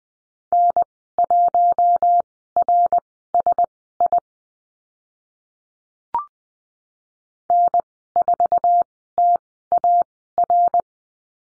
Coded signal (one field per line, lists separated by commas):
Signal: Morse code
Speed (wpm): 20 wpm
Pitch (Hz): 700 Hz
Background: none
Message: N1RSI N4TAR